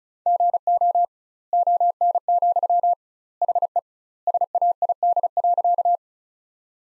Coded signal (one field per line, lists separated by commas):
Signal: Morse code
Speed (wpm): 34 wpm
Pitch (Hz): 700 Hz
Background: none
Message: GO ON, HE SAID.